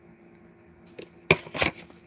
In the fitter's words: And that snaps back in.